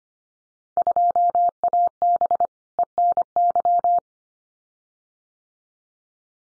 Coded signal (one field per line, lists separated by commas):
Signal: Morse code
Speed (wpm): 25 wpm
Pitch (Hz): 700 Hz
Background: none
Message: 2AB ENY